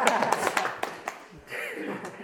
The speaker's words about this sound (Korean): 아, 그 제자반 박수를 한번 치고 말을 하고 박수를 쳐야 돼.